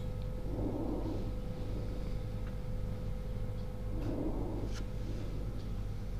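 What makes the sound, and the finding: Chest by stethoscope. Normal vesicular breath sounds.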